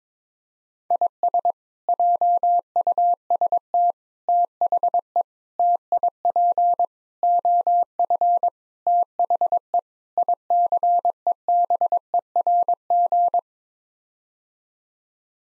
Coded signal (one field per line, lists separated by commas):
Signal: Morse code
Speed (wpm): 22 wpm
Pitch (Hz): 700 Hz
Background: none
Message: IS JUST THE TIP OF THE ICEBERG